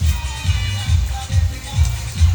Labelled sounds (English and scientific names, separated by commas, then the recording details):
none
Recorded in pastures near Puerto Asís, Putumayo, Colombia, on 22 December 2024 at 09:00
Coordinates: 0.497, -76.327
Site G088